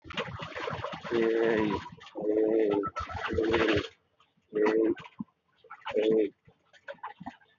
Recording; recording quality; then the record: sustained vowel as in made; moderate, slight background noise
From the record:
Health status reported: healthy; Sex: male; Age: 29 years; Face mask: worn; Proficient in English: yes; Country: India